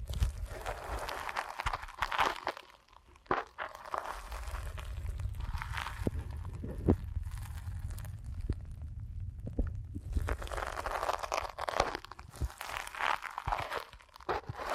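Deep ear canal massage with dense, crinkly rubbing and crunchy crackles, a low rumble in the middle stretch, and sharp clicks scattered throughout.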